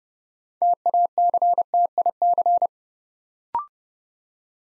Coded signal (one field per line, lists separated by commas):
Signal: Morse code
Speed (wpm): 30 wpm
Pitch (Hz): 700 Hz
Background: none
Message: TACTIC